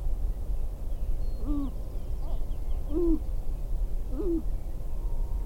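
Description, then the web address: Sharp-tailed grouse giving a few low, bent hooting notes, fairly soft against a constant low rumble. "Natural Sounds Sharp-tailed Grouse"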